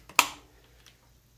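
A Garmin eTrex 30x handheld GPS unit, with a clip on its back, is slid down into a plastic Garmin bicycle handlebar mount. After a faint tick at 0.1 s, a sharp, bright click at 0.2 s fades quickly, followed by a faint tick near 0.9 s. The unit is seated and clicked into the mount.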